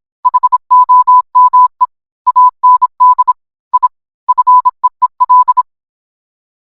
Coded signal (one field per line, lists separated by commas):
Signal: Morse code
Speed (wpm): 26 wpm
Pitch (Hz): 1000 Hz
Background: none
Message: HOME AND I FEEL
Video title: Family Guy Scene but it’s Entirely in Morse Code